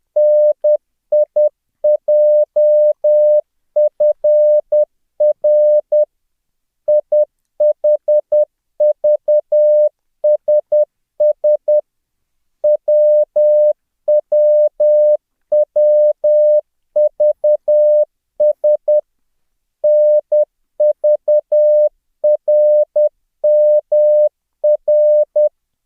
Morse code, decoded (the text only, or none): NIJFR IHVSS WWWVS NVRMR